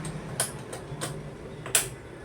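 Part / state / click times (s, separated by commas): bobbin case into sewing machine shuttle / seated / 1.8 s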